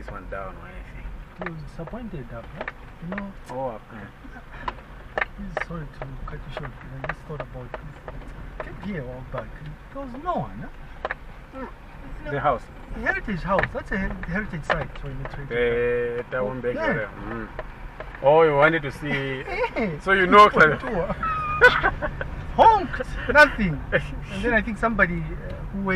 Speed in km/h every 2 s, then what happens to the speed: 7, 5, 4, 7, 7, 5, 7, 7, 6, 5, 10, 16, 15.
0-19 steady at about 6. 19-21 speeds up to 16.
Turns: none.